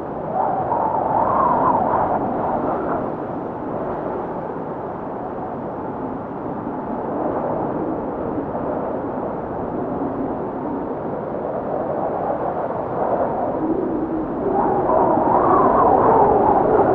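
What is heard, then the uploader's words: Blizzard wind roars steadily and densely in the low-mids, swelling louder near the start and again after fourteen seconds with higher whistling tones. Blizzard Wind Cold 8 Hour Sleep Sound Meditation.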